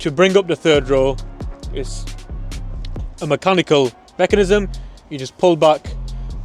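Someone talks over background music while handling the mechanical release of the folding third-row seat back in the cargo area of a 2025 Land Rover Defender 110 D350 X-Dynamic HSE, pulling back to raise the seat so it locks upright. Brief sharp ticks are heard near 2.9 s. The clip ends before the seat goes home, and nothing has seated or clicked into place yet.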